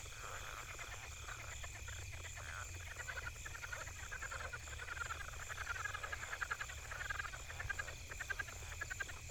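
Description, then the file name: Frogs calling in a dense chorus of rapid pulsed croaks that overlap continuously, over a steady high hum and low background rumble. Many frogs. "Frogs lots"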